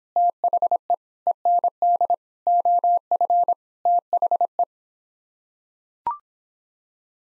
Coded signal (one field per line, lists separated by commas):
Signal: Morse code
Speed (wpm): 26 wpm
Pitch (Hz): 700 Hz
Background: none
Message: THE END OF THE